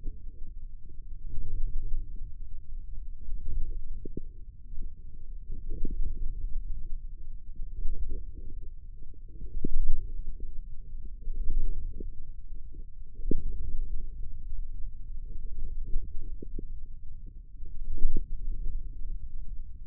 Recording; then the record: forearm muscle sounds (acoustic myography)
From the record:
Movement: wrist flexion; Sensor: system 2, bracelet of six BSWA MPA416 microphones around the upper forearm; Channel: 6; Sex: male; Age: 22 years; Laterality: right